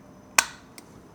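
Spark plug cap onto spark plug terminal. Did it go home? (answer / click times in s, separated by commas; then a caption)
yes / 0.4 s. A rubber spark plug cap, with dielectric grease added, is pushed onto the spark plug terminal of an air-cooled Triumph Bonneville T100. A sharp click sounds at 0.4 s, followed by a faint tick at 0.8 s. The cap is seated on the plug.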